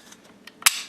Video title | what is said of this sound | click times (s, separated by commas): Cleaning the AR15 | all right so now I have my upper and my lower just going to go ahead and snap it | 0.7 s